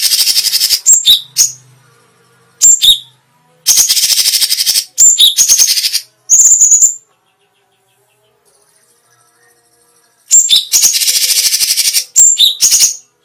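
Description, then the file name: Grey-cheeked Bulbul singing in rapid buzzy trills and sharp chips, with short whistled notes between bursts and a quiet gap of several seconds midway. Special song bursts ("tembakan istimewa"). "cucak cungkok tembakan istimewa"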